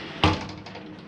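A closet door catch in an RV bedroom is pushed closed into its keeper to secure it for travel. It snaps into place with a sharp click at 0.2 s, followed by a fainter knock around 0.7 s. The latch is seated.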